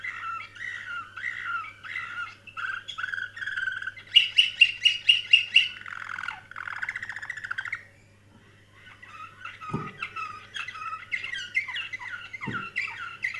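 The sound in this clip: Canary singing a long, varied sequence of rolling trills, a burst of loud ringing repeated notes midway, a brief pause, then more trills over a faint low hum.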